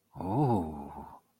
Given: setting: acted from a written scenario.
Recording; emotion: vocal sound without words; desire